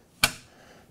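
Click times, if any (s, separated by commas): 0.2 s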